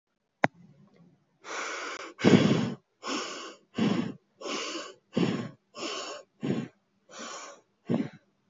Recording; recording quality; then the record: shallow breathing; excellent, no background noise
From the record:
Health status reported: healthy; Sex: female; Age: 23 years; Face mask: not worn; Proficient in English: yes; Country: India